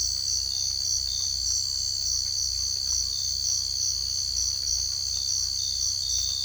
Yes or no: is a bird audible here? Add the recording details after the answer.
no. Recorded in secondary vegetation near Puerto Asís, Putumayo, Colombia, on 18 December 2024 at 05:30. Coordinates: 0.488, -76.319. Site GP04